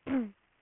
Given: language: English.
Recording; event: throat vibration sensor signal played as sound; throat clearing